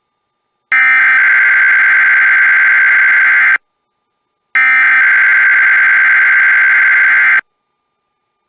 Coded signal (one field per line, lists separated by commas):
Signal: Emergency Alert System (SAME) tones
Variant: header bursts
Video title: EAS Alerts From The Week Of 12/9/2020 (EAS#65-80)